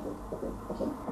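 Fetal heartbeat of a baby boy, heard by ultrasound Doppler at the first official ultrasound as the gynecologist lets the parents hear the baby's heart beating (dramatized).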